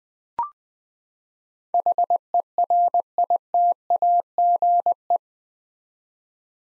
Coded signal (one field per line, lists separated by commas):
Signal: Morse code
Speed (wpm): 20 wpm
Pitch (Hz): 700 Hz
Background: none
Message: HERITAGE